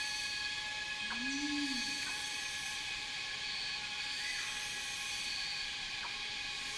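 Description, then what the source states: Cicadas droning in a steady, high buzzy chorus with layered tones, while a low hooting call rises and falls once near the start. Cicadas in a rainforest, heard together with birds.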